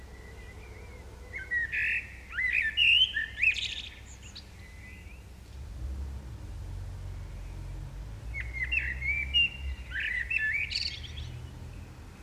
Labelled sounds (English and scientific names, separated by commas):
Common Blackbird (Turdus merula) song